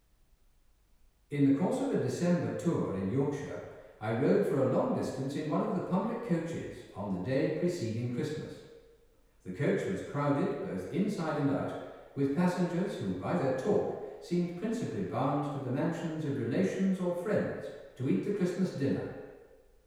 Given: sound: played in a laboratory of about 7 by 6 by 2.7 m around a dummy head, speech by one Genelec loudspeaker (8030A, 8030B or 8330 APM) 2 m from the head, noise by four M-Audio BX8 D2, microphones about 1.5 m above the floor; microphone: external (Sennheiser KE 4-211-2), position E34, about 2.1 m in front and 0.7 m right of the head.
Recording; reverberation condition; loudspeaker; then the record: male speech in English; high; behind (180 degrees)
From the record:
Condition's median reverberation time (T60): about 1300 ms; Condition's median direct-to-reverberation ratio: about -4.0 dB